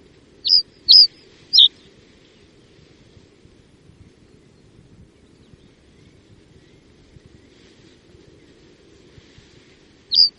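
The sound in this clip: Common reed bunting uttering three quick high descending notes, then a long quiet spell before one more call near the end.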